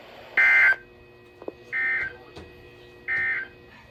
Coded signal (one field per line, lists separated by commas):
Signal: Emergency Alert System (SAME) tones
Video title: Long awaited (EAS 402-405)